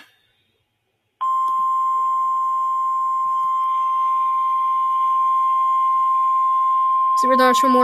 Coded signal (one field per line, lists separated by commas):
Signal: Emergency Alert System (SAME) tones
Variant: 1050 Hz attention tone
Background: speech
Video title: Severe Thunderstorm Warning [EAS #242]